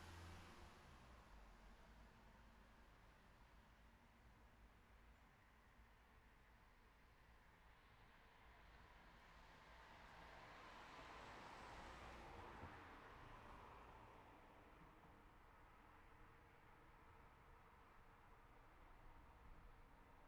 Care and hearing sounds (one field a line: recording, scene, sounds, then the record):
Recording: everyday scene through a hearing-aid microphone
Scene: in traffic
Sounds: traffic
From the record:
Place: city secondary road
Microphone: behind the ear, right, front